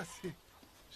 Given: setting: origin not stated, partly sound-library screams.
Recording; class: one-second piece from a danger detection set; normal situation